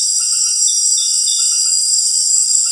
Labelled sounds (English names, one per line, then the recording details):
none
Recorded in secondary vegetation near Puerto Asís, Putumayo, Colombia, on 19 March 2025 at 18:30
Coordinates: 0.499, -76.323
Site G094